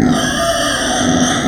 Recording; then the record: squeal of a Yucatan mini pig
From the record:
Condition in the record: before surgery on the right vocal fold (resection and tissue-engineered implant); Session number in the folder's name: 3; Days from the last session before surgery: 0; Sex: female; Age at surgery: 19 weeks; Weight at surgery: 25 kg